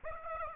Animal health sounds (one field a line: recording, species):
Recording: mosquito wingbeat signal from an infrared sensor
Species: Aedes aegypti